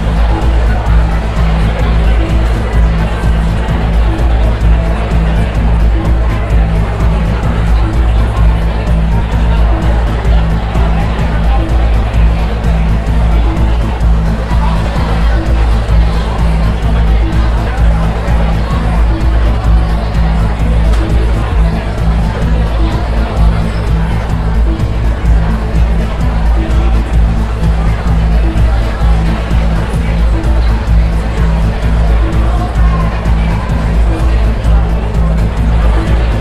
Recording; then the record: background sound without coughing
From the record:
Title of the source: Party Noise 1 Hour Party Ambience